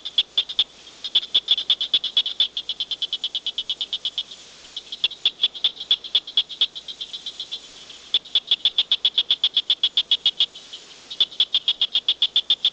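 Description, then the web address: Tree frog delivering very rapid bursts of high, crisp clicking pulses in several long sequences separated by short pauses. "frogs Family Hylidae"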